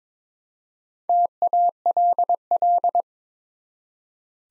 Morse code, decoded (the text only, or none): TALL